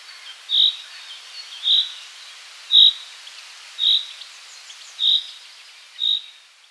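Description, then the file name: Common chaffinch call: a short, bright, high single note repeated about once a second, six times, over faint hiss. "Fringilla coelebs"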